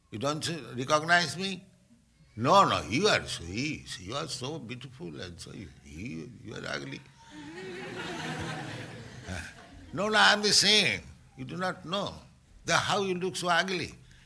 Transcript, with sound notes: You don't recognize me?" "No, no, you are... She... She was so beautiful, and you, you are ugly." [laughter] "No, no, I am the same. You do not know." "Then how you look so ugly?"